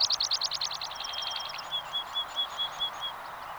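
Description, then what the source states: Meadow Pipit song: quick thin high notes give way to a slower run of clear, piping tones. Sweden.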